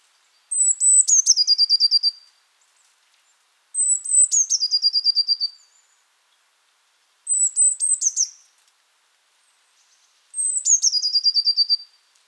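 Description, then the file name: Eurasian blue tit call repeated four times: each a high thin introductory note then a fast churring, scolding series of buzzy notes, spaced roughly three seconds apart. "Cyanistes caeruleus"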